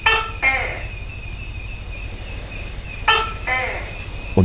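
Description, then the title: Tokay gecko giving two emphatic two-syllable calls about three seconds apart, the first note abrupt, against a constant buzzing insect background. "Vogel der Woche 2011 08 15 Tokeh"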